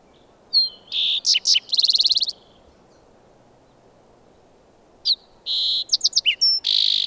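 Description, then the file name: Green-tailed towhee singing two bright phrases, each opening with sharp whistled notes and ending in a fast, harsh buzzy trill, with a pause between them. "Green-tailed Towhee - Pipilo chlorurus"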